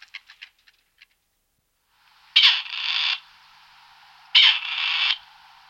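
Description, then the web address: Grey partridge calls: a few soft clicks, then two loud creaking, rasping calls about two seconds apart over a steady faint hiss. "Agerhone"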